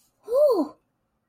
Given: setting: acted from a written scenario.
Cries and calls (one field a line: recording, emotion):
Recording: vocal sound without words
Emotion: realization